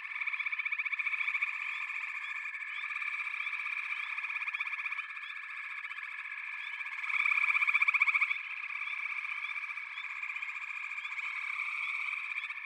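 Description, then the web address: Frog chorus: many overlapping, high pulsed trills forming an unbroken buzzing wall of sound, with one louder surge after the middle. A chorus of frogs calling together. "Echoes of Nature - Frog Chorus"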